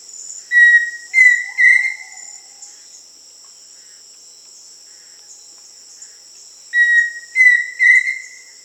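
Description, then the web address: Pheasant cuckoo repeating a three-note whistled phrase twice, about six seconds apart, against continuous buzzing insects. South America. "Natures Songs S America Pheasant Cuckoo"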